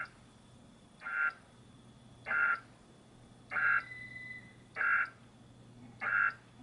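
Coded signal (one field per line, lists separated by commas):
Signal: HF data modem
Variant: Pactor II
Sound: five short raspy data chirps at a steady rhythm, with a faint whistle between two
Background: radio static, low hum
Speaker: this is we're making contact here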